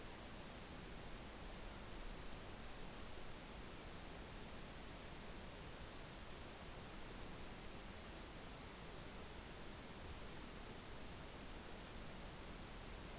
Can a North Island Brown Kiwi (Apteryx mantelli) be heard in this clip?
no